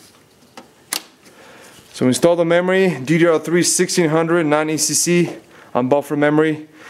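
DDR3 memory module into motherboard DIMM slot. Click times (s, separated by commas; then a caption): 0.6 s, 0.9 s. A 4 GB DDR3 1600 non-ECC unbuffered memory stick is pressed again into a DIMM slot on a Dell OptiPlex 7020 motherboard, giving two sharp clicks at 0.6 s and 0.9 s as the module seats. Someone then talks for the rest of the clip.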